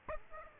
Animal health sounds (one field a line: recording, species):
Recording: mosquito wingbeat signal from an infrared sensor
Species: Aedes aegypti